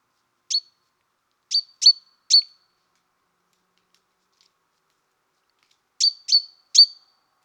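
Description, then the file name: Great tit giving several sharp high ticking call notes in small groups, with a long silent pause before the last group. "Parus major"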